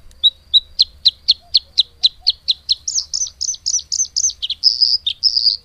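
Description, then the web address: Bluethroat song opening with quick evenly spaced ticking notes, about four per second, shifting into repeated looped phrases and ending with longer sustained notes. "agykontroll Madardalok Cd 3. Kékbegy"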